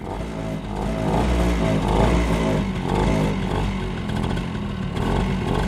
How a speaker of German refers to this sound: Jetzt das Motorrad.